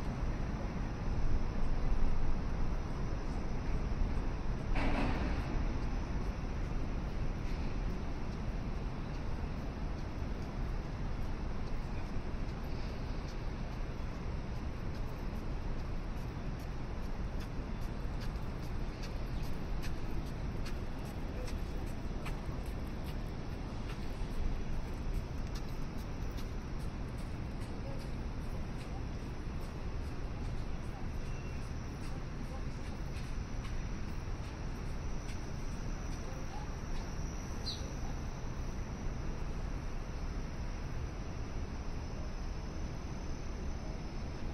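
A sunrise walk along the river walk in downtown Chicago, with a dense, steady city rumble of traffic that barely changes over the whole stretch. A brief sharp sound stands out around five seconds, and faint voices and passing vehicles blend into the constant low roar.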